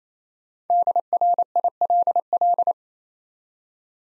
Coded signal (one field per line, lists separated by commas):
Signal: Morse code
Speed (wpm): 28 wpm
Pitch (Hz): 700 Hz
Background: none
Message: DRILL